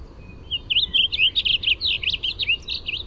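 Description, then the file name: Warbling vireo song, one rambling phrase of quick, slurred warbled notes rising and falling, lasting a little over two seconds, over a soft low background hiss. "WAVI song"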